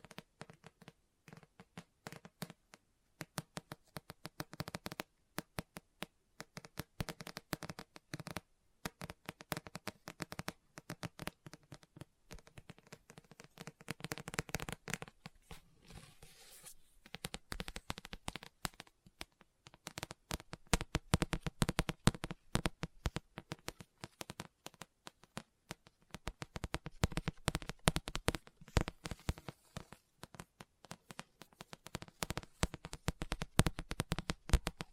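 Fingers tap and scratch on a book in quick, uneven bursts of sharp clicks, with an occasional page turn. The sounds come densely through the whole clip, thinning briefly around the middle, then grow louder and busier in the second half.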